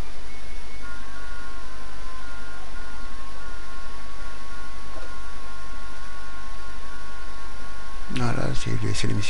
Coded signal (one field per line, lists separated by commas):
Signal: FT8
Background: speech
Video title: Interface CHM20 à la HF/VHF/UHF transmission des modes numériques avec 2 transceivers Partie 05/5